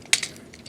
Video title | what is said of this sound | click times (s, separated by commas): Transformers War for Cybertron Earthrise Megatron | then come over here this tabs into here but it'll kind of just snap into place | 0.1 s